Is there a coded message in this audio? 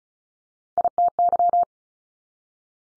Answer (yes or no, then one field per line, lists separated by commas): yes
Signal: Morse code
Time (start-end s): 0.8-1.6 s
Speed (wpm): 36 wpm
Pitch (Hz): 700 Hz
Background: none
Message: ITY